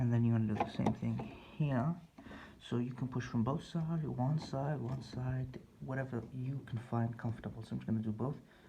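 A DDR4 memory stick is lined up over a motherboard DIMM slot and handled as it is about to be pushed down from both ends, while someone talks throughout. Nothing has seated or clicked yet, and the slot latches have not closed.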